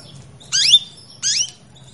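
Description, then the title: Belgian canary calls: two quick, high sweeping chirps about three-quarters of a second apart over a faint low hum. Female Belgian canary in breeding condition, calling to males to bring them into breeding condition. "Canto Para Esquentar Canário Belga. Suara Kenari Betina Birahi Memanggil Pejantan"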